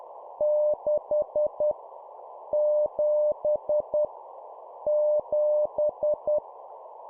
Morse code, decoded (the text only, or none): 6 7 7